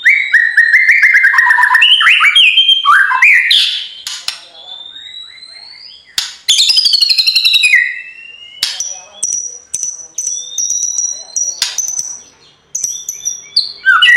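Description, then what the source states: White-rumped shama: songbird with a varied whistled song: rolling warbles and sweeping notes, then a string of sharp high chips and thin whistles with short pauses. Training recording (masteran) of full rolling song (ngerol) in nembak style.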